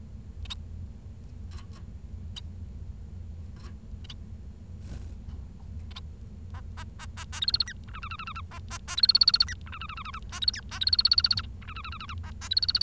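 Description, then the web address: Bengalese finch song arriving after about seven quiet seconds of low rumble and faint clicks, then bursts of buzzy harmonic notes and a thin high whistled tone, repeated in short phrases. "nccratliri vad-multi-species. bengalese finch"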